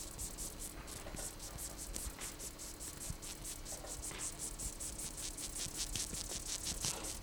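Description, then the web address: Dung beetle stridulating in a train of short high rasping pulses, several per second, with low-frequency rumble and a faint continuous hum. "Coleoptera geoste"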